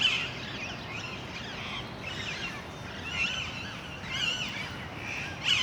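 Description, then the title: Parakeets calling: harsh, screechy notes with zigzag pitch, overlapping from several birds, louder bursts near start and end over a steady low background hiss. Parc Duden, Forest, Brussels-Capital, Belgium; just before nightfall; recorded with Zoom MicTrak M4 internal XY microphones. "Parc Duden, Forest, Bruxelles-Capitale, Belgique - Parakeets - Perruches"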